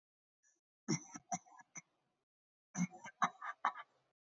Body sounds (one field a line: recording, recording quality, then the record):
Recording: shallow voluntary cough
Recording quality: excellent, no background noise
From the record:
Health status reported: recovered from COVID-19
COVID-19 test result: positive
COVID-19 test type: RT-PCR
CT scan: taken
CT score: 0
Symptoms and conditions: fatigue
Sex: female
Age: 55 years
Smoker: no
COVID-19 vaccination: both doses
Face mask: not worn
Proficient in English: yes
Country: India